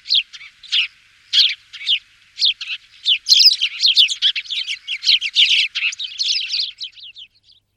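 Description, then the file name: Sparrow giving a lively series of short, varied chirps that grow busier and overlap in the middle, then thin out toward the end. "vrabec-pokřovní"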